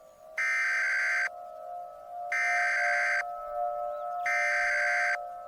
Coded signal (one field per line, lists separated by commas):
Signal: Emergency Alert System (SAME) tones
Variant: header bursts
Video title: EAS Scenario #22 | PAMA Outbreak